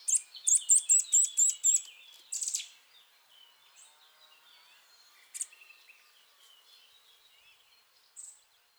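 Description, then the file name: Eurasian nuthatch calling in a rapid string of high notes, then a couple of isolated notes over soft continuous twittering. "Sitta europaea"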